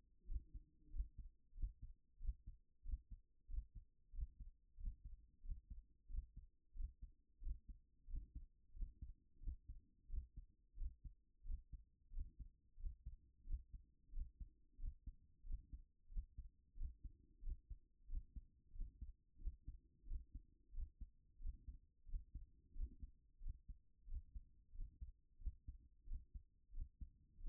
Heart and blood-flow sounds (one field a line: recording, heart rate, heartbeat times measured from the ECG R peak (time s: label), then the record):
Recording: heart sounds by stethoscope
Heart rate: 91 bpm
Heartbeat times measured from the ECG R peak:
0.27 s: heartbeat
0.92 s: heartbeat
1.57 s: heartbeat
2.21 s: heartbeat
2.85 s: heartbeat
3.49 s: heartbeat
4.14 s: heartbeat
4.79 s: heartbeat
5.44 s: heartbeat
6.10 s: heartbeat
6.76 s: heartbeat
7.42 s: heartbeat
8.09 s: heartbeat
8.75 s: heartbeat
9.42 s: heartbeat
10.09 s: heartbeat
10.77 s: heartbeat
11.45 s: heartbeat
12.12 s: heartbeat
12.79 s: heartbeat
13.46 s: heartbeat
14.13 s: heartbeat
14.79 s: heartbeat
15.45 s: heartbeat
16.11 s: heartbeat
16.77 s: heartbeat
17.43 s: heartbeat
18.09 s: heartbeat
18.74 s: heartbeat
19.40 s: heartbeat
20.07 s: heartbeat
20.73 s: heartbeat
21.40 s: heartbeat
22.08 s: heartbeat
22.75 s: heartbeat
23.41 s: heartbeat
24.08 s: heartbeat
24.74 s: heartbeat
25.40 s: heartbeat
26.06 s: heartbeat
26.73 s: heartbeat
27.39 s: heartbeat
From the record:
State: at rest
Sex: female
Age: 44 years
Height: 167 cm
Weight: 64 kg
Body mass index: 22.95